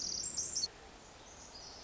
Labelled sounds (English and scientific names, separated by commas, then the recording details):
Pacific Wren (Troglodytes pacificus)
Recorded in Sonoma County, California